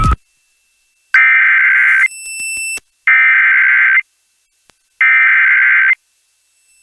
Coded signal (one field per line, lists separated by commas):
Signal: Emergency Alert System (SAME) tones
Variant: header bursts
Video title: EAS COMPILATION LAREDO, TX APRIL 23 2023 SEVERE THUNDERSTORM/FLASH FLOOD WARNINGS (EAS #70-80)